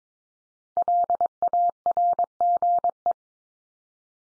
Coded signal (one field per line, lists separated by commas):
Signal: Morse code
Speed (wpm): 22 wpm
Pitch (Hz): 700 Hz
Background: none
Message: LARGE